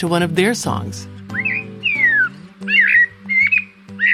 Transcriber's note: Eurasian Blackbird singing